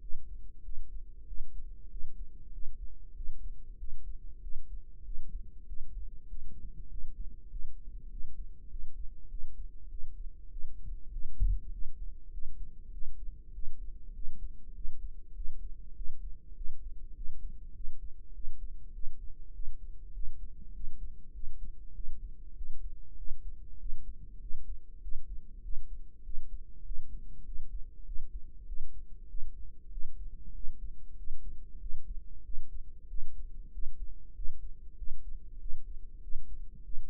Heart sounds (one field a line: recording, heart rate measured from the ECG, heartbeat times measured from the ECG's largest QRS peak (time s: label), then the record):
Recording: heart sounds by microphone in the right ear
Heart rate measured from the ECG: 98 bpm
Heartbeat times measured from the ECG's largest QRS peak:
0.02 s: heartbeat
0.64 s: heartbeat
1.28 s: heartbeat
1.91 s: heartbeat
2.53 s: heartbeat
3.16 s: heartbeat
3.79 s: heartbeat
4.43 s: heartbeat
5.06 s: heartbeat
5.68 s: heartbeat
6.29 s: heartbeat
6.90 s: heartbeat
7.51 s: heartbeat
8.11 s: heartbeat
8.71 s: heartbeat
9.30 s: heartbeat
9.91 s: heartbeat
10.51 s: heartbeat
11.13 s: heartbeat
11.73 s: heartbeat
12.33 s: heartbeat
12.93 s: heartbeat
13.54 s: heartbeat
14.15 s: heartbeat
14.76 s: heartbeat
15.36 s: heartbeat
15.96 s: heartbeat
16.56 s: heartbeat
17.16 s: heartbeat
17.75 s: heartbeat
18.35 s: heartbeat
18.94 s: heartbeat
19.54 s: heartbeat
20.14 s: heartbeat
20.75 s: heartbeat
21.35 s: heartbeat
21.95 s: heartbeat
22.57 s: heartbeat
23.18 s: heartbeat
23.80 s: heartbeat
24.42 s: heartbeat
25.03 s: heartbeat
25.64 s: heartbeat
26.25 s: heartbeat
26.86 s: heartbeat
27.46 s: heartbeat
28.07 s: heartbeat
28.68 s: heartbeat
29.29 s: heartbeat
29.92 s: heartbeat
30.55 s: heartbeat
31.18 s: heartbeat
31.81 s: heartbeat
32.45 s: heartbeat
33.09 s: heartbeat
33.73 s: heartbeat
34.36 s: heartbeat
34.98 s: heartbeat
35.61 s: heartbeat
36.23 s: heartbeat
36.84 s: heartbeat
From the record:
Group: healthy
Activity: rest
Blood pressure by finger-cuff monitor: 158/93 mmHg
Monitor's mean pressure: 110 mmHg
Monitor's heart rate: 98 bpm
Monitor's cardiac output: 7.6 L/min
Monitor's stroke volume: 78 mL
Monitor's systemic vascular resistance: 1080 dyn s/cm5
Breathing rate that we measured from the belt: 19 breaths a minute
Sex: male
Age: 21 years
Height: 175 cm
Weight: 72.6 kg